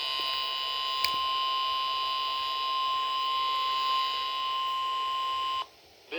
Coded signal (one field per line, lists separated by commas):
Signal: Emergency Alert System (SAME) tones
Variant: 1050 Hz attention tone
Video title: EAS #298-299 Required Weekly Test on WNG706 and WXL58